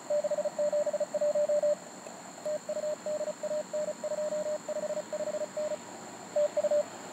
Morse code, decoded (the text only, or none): 671 TU DAN 255N TU